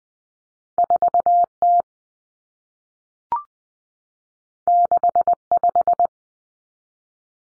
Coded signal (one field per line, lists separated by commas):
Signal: Morse code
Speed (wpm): 20 wpm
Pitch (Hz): 700 Hz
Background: none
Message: 4T 65